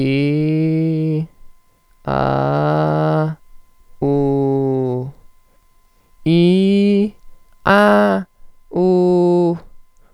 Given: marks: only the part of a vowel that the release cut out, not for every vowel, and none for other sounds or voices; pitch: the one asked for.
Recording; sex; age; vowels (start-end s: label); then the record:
sustained vowels; male; 20 to 29 years
0.00-1.15 s: vowel /i/, normal pitch
2.23-3.22 s: vowel /a/, normal pitch
4.05-4.92 s: vowel /u/, normal pitch
6.33-7.00 s: vowel /i/, high pitch
8.79-9.48 s: vowel /u/, high pitch
From the record:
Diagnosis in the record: functional dysphonia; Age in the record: 20 years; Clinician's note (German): Leichte Form; Stottern